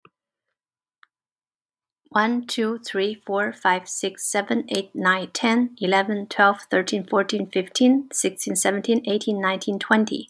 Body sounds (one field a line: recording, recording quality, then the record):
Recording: counting at a fast pace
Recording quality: excellent, no background noise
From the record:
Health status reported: healthy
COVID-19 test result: not tested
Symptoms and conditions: none ticked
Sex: female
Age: 48 years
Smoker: not ticked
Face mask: not worn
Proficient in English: yes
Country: United States